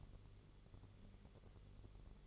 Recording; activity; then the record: daily activity, microphone in the room; light off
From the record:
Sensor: 4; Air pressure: 1008.7 hPa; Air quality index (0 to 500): 95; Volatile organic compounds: 1 ppm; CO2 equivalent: 715 ppm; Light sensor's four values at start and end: 13/30/12/12 and 13/30/12/12